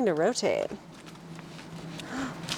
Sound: rustling sounds, gasp